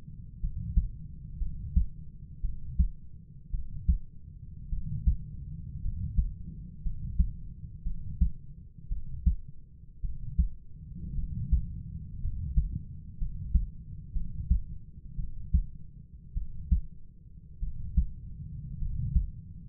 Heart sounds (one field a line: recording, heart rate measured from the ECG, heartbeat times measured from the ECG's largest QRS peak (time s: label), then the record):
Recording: heart sounds by stethoscope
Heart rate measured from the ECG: 55 bpm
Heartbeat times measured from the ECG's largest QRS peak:
0.40 s: heartbeat
1.38 s: heartbeat
2.41 s: heartbeat
3.51 s: heartbeat
4.70 s: heartbeat
5.82 s: heartbeat
6.82 s: heartbeat
7.83 s: heartbeat
8.89 s: heartbeat
10.01 s: heartbeat
11.15 s: heartbeat
12.21 s: heartbeat
13.18 s: heartbeat
14.13 s: heartbeat
15.16 s: heartbeat
16.34 s: heartbeat
17.60 s: heartbeat
18.79 s: heartbeat
From the record:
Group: healthy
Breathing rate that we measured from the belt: 9 breaths a minute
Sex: male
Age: 25 years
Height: 170 cm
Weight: 70.4 kg